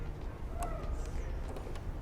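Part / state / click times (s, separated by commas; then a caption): buttonhole presser foot into sewing machine foot holder / not seated / none. A buttonhole presser foot is lined up under the foot holder of a JANOME 780DC computerized sewing machine after the old presser foot has been released. Only faint handling sounds and a few light taps are heard over low background noise. Nothing has seated or clicked yet.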